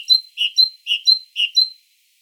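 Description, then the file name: Great tit giving clear, ringing two-note phrases, a high thin note followed by a fuller lower one, repeated quickly three times, then one more high note before stopping. "Parus major"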